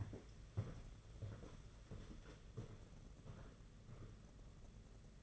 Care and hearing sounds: daily activity, microphone in the room; walk to room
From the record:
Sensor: 4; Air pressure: 992.8 hPa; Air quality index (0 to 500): 177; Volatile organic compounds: 357 ppm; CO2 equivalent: 4596 ppm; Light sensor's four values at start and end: 4/10/4/4 and 4/10/4/4

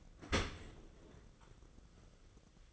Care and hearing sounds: daily activity, microphone in the room; open dishwasher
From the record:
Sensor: 4

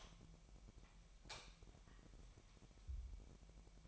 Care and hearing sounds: daily activity, microphone in the room; light on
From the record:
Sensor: 1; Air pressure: 1012.0 hPa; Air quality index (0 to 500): 232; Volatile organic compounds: 6 ppm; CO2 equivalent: 1848 ppm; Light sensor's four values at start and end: 13/31/13/14 and 16/40/16/18

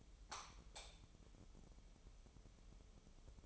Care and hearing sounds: daily activity, microphone in the room; light on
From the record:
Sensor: 1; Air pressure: 988.4 hPa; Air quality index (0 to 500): 198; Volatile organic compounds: 1000 ppm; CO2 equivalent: 5302 ppm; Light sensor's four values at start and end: 8/21/8/9 and 12/37/13/15

